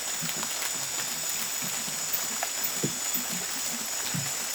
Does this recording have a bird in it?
no